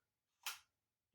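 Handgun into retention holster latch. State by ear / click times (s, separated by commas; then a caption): seated / 0.5 s. A handgun is pushed into a latching retention holster, and the holster's mechanical latch snaps over the trigger guard with a single sharp click at 0.5 s. The click rings briefly and fades by about 0.7 s, and a faint new sound begins just before the end. The gun is seated and latched in the holster.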